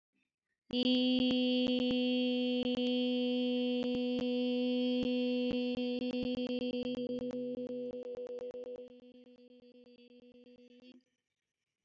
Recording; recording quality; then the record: sustained vowel as in beet; moderate, slight background noise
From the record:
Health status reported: healthy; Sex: female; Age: 29 years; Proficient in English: no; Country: India